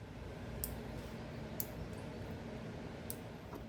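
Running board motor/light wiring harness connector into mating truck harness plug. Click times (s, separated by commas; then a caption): 1.6 s. A Lumastep M2 power illuminated running board's motor/light wiring harness connector is pushed together with the mating light harness plug under a Ford F-150. Against steady low rumble, sharp clicks sound at 0.6, 1.6 and 3.1 seconds, with the connector clicking in and seating at 1.6 seconds.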